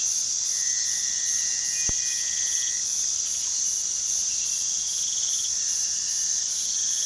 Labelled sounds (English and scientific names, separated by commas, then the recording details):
none
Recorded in pastures near Puerto Asís, Putumayo, Colombia, on 18 February 2024 at 04:00
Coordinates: 0.468, -76.328
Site G6414